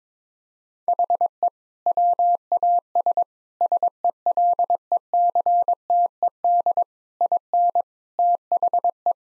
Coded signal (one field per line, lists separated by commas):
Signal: Morse code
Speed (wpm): 22 wpm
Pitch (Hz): 700 Hz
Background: none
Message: HE WAS SELECTED IN THE